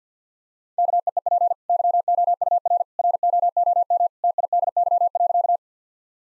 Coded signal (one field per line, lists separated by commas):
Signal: Morse code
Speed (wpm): 47 wpm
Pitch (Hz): 700 Hz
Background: none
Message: KEEP YOUR ROOM TIDY.